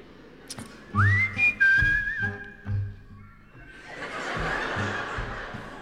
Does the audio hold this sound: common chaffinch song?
no